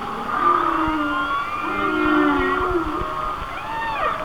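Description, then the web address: Whale song of low gliding moans and higher curving whistles, with a downward sweeping squeal near the end. "Natures Songs Whale Songs Whale Songs"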